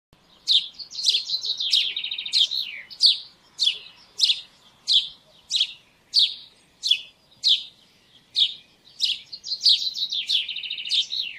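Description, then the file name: House sparrow chirping, a steady series of bright, slightly buzzy chirps in an otherwise quiet background. "Passer domesticus"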